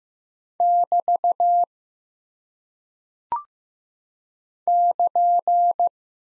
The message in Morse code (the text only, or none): <BT> <KN>